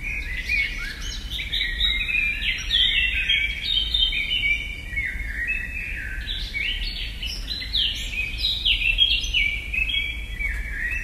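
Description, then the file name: Eurasian blackcap song, a dense continuous warble of quick scratchy and fluty notes with no real pause, over a low rumbling background. Recorded at Selborne. "blackcap freesound"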